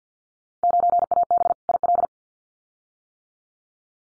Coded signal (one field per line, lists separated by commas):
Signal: Morse code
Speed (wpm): 50 wpm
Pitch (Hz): 700 Hz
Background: none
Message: 9AB IL